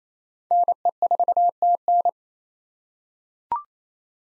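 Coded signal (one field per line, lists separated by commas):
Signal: Morse code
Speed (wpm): 28 wpm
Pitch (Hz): 700 Hz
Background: none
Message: NE4TN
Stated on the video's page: Morse practice drill at 28 wpm: common POTA hunter callsigns, each sent twice, for head-copy drills.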